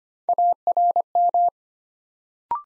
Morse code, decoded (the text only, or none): ARM